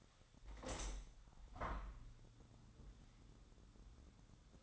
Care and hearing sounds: daily activity, microphone in the room; open window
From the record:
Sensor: 3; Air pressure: 1006.5 hPa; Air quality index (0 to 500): 202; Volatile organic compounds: 17 ppm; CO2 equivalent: 2576 ppm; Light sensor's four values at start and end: 10/24/10/10 and 10/24/10/10

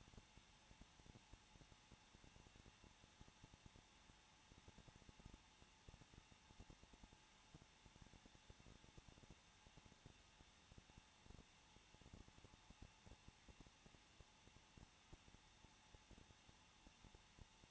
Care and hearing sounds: daily activity, microphone in the room; no activity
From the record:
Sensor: 1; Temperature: 20.0 degrees Celsius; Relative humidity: 39.5%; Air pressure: 1006.4 hPa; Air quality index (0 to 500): 219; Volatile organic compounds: 83 ppm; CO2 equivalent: 3629 ppm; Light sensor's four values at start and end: 1/2/1/1 and 1/2/1/1

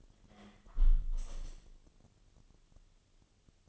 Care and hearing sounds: daily activity, microphone in the room; close window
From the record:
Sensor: 4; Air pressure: 1015.7 hPa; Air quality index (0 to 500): 92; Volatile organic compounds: 2 ppm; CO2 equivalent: 1022 ppm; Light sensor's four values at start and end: 9/20/8/7 and 9/20/8/7

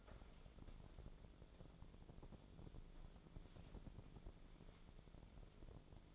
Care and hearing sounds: daily activity, microphone in the room; wipe stove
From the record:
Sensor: 5

